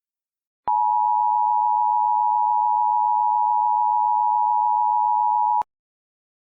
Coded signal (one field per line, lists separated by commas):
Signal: Emergency Alert System (SAME) tones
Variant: 853 and 960 Hz attention tone